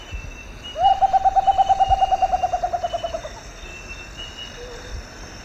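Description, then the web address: Rufous potoo singing a rapid, even string of soft hooting notes that drift slightly lower and weaken over about two and a half seconds. Recorded in the eastern lowlands of South America. "Natures Songs S America Eastern Lowlands. Nyctibius bracteatus, song"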